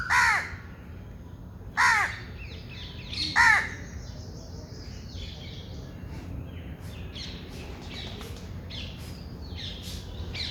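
Bird calls: three loud, harsh caws in the first four seconds, then softer, scattered high chirps and rustling over a low steady hum.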